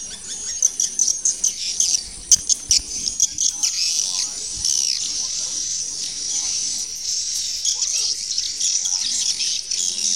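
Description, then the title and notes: Swiftlet calls: sharp clicks and chirps at first, then a steady, dense high-pitched twitter. Used for swiftlet farming in Asia. "Swiflet Bird Sound. Farming Swiflet Bird asia sound"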